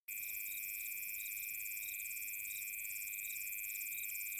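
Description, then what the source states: Cricket chirps begin abruptly, then repeat rapidly, high above a steady shrill drone. Summer night.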